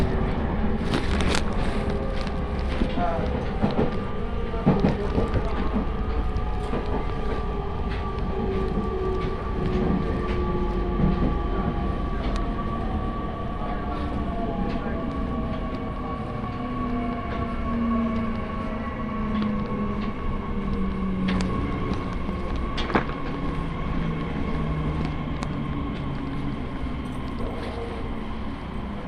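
A train rolls along the Joban Line, its steady low rumble filling the whole half minute. Faint tones slide slowly in pitch as the motor and wheels shift, and sharp clacks and knocks from the rails come every few seconds, with a murmur of voices underneath.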